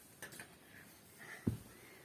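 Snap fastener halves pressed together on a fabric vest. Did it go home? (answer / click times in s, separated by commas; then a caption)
yes / 0.2 s. A metal snap fastener on a sewn vest is pressed shut by hand, with its top half placed over the bottom half that sits in a hole punched in the fabric. A sharp click sounds at 0.2 s as the snap seats, followed by faint handling sounds and a louder thump near 1.5 s. No one talks during the clip.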